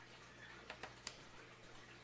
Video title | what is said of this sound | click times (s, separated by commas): DRAC 5 Install on a Dell PowerEdge 2950 GII with Basic Configuration and Demo | they do take a little bit of effort to get them to snap in but you'll hear an auto click | 1.1 s